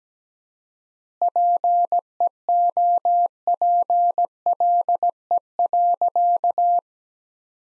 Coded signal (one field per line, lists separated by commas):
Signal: Morse code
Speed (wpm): 17 wpm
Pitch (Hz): 700 Hz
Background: none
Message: PEOPLE.